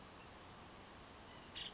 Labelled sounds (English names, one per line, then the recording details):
Nuttall's Woodpecker
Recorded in Sonoma County, California